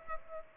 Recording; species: mosquito wingbeat signal from an infrared sensor; Culex pipiens